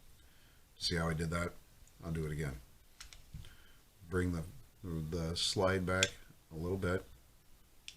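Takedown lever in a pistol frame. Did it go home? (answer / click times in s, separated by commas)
yes / 7.9 s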